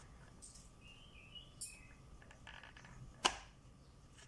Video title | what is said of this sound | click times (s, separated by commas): Daniels Holsters IWB Review | Let's hear if there's a click. | 3.3 s